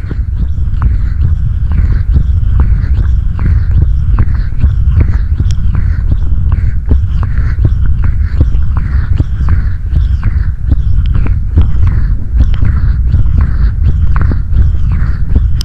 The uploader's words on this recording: ASMR Close Mouth Sounds.